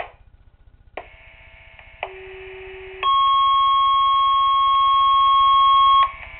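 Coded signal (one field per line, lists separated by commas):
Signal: two-tone page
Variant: Motorola Minitor II pager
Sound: low buzz, short tone burst, one-second low tone, then three-second higher steady tone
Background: radio hum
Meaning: Sequential tone pair activates a fire company's pagers and sirens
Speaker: County units the monthly sir test for the month of December will now begin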